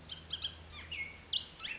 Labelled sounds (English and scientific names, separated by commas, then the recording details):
Bullock's Oriole (Icterus bullockii)
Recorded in Sonoma County, California